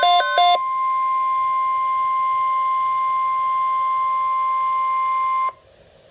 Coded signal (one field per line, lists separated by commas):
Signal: Emergency Alert System (SAME) tones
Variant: 1050 Hz attention tone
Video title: Flash Flood Watch - EAS #419